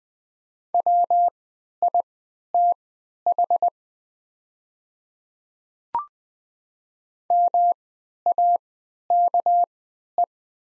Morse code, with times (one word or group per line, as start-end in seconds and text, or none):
0.7-3.7 WITH
7.3-10.2 MAKE